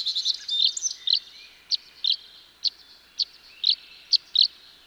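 Tree swallow twitter: a quick burst of gurgling chirps, then single clear chirps at loose intervals.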